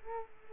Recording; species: mosquito wingbeat signal from an infrared sensor; Culex quinquefasciatus